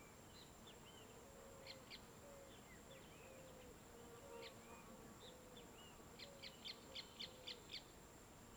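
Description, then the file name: Fly buzzing, a low hum that wavers up and down in pitch, with short chirps from birds throughout. Open field in late afternoon, with birds. "Ambiencia descampado em fim de tarde com mosca, passaros e as vezes vaca"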